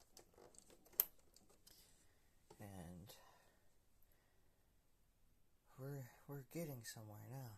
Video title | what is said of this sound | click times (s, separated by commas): PlayStation 3 slim complete tear down and rebuild 2025 | push it down till it clicks. | 1.0 s